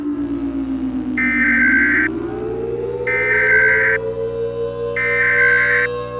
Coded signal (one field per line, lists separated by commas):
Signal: Emergency Alert System (SAME) tones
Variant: header bursts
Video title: [#1] MAD - An EAS Mock